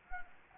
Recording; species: mosquito wingbeat signal from an infrared sensor; Anopheles gambiae